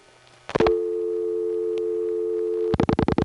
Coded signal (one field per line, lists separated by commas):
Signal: telephone call progress tone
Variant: North America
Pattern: dial tone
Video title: The Sounds of Long Distance pgm 8: DDD from Panel, 4M Dialpulsing, 1977 [re-upload corrects audio]